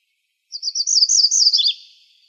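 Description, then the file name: MacGillivray's warbler delivering a single brisk song, a string of sharp high notes that drops into a lower, burry finish, nothing else audible. Arizona, 17 May 2006. "MGWA 3 deviche"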